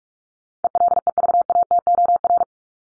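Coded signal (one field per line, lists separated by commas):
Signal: Morse code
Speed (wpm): 44 wpm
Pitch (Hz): 700 Hz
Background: none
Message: ELEVATOR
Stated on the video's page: Morse practice of common words at 45 wpm for head-copy, each word sent twice with spoken word between.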